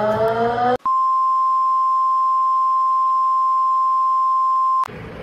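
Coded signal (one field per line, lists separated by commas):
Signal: Emergency Alert System (SAME) tones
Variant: 1050 Hz attention tone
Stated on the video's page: EAS alarm tones in an animated series, simulated.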